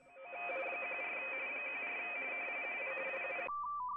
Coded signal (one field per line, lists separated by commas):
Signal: RTTY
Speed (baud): 45.45 baud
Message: 14 14 GW0